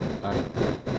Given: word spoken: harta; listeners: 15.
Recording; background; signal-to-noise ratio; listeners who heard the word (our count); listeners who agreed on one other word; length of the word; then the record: one Spanish word in noise, from a listening test; noise modulated by three-talker babble; -7.0 dB; 0 of 15; 6 of 15; 0.59 s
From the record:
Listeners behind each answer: 6, 1, 1, 1, 1, 1, 1, 1, 1, 1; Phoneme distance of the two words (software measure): 27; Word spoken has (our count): 2 syllables, 4 phonemes, stress on syllable 1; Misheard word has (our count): 2 syllables, 3 phonemes, stress on syllable 1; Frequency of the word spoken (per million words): 4.89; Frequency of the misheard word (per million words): 660.66